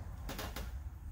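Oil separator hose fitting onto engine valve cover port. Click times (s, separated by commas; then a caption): 0.3 s, 0.6 s. An oil separator hose fitting from a J&L Oil Separator Co. 3050P kit is pushed onto the plastic valve cover port of a 2011-2017 Ford Mustang 3.7L V6 engine. Two sharp broadband clicks are heard at 0.3 s and 0.6 s over a steady low hum, and the fitting is seated.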